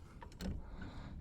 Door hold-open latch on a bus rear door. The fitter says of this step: heard it click and then now that door is going to stay just like that